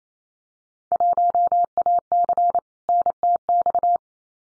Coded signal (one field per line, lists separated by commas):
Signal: Morse code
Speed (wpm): 28 wpm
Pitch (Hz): 700 Hz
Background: none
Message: 1AC NTX